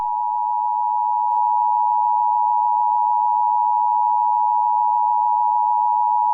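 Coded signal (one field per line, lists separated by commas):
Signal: Emergency Alert System (SAME) tones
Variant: 853 and 960 Hz attention tone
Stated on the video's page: Simulated EAS scenario.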